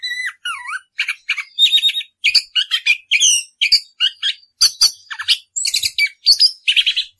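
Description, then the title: Orange-headed thrush song with swooping whistled notes followed by dense repeated buzzy phrases and sharp chirps in rapid bursts with brief gaps. Rolling song style (ngerol), used as a master recording (masteran) for training caged birds. "Anis Kembang 9. suara anis kembang ngerol"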